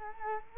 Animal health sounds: mosquito wingbeat signal from an infrared sensor; Culex quinquefasciatus

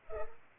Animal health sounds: mosquito wingbeat signal from an infrared sensor; Culex pipiens

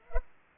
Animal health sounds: mosquito wingbeat signal from an infrared sensor; Culex pipiens

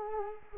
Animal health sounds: mosquito wingbeat signal from an infrared sensor; Culex quinquefasciatus

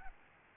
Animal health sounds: mosquito wingbeat signal from an infrared sensor; Aedes albopictus

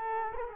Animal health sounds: mosquito wingbeat signal from an infrared sensor; Culex quinquefasciatus

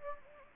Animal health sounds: mosquito wingbeat signal from an infrared sensor; Anopheles gambiae

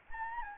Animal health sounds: mosquito wingbeat signal from an infrared sensor; Anopheles gambiae

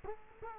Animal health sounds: mosquito wingbeat signal from an infrared sensor; Culex quinquefasciatus

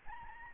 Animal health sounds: mosquito wingbeat signal from an infrared sensor; Aedes albopictus

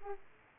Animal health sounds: mosquito wingbeat signal from an infrared sensor; Aedes aegypti

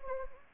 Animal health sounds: mosquito wingbeat signal from an infrared sensor; Anopheles gambiae

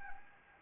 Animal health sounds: mosquito wingbeat signal from an infrared sensor; Anopheles gambiae

